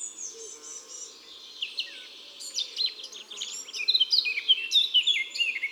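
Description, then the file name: Eurasian blackcap song: quiet, jumbled twittering that swells into a loud, fast run of clear whistled and chattering notes. Song; woods and forests. "Fauvette a tete noire Chants doiseaux des bois et des forets"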